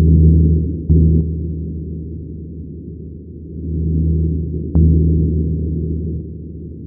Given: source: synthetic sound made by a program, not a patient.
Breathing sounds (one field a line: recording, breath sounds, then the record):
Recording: synthetic breath sounds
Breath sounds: normal breath sounds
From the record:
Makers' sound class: normal breath sounds